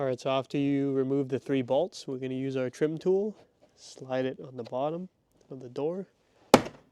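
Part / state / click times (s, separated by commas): door card retaining clip in truck door / released / 6.5 s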